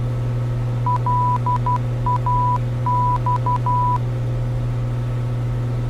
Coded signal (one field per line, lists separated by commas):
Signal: Morse code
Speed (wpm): 12 wpm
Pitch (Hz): 990 Hz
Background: none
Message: LAX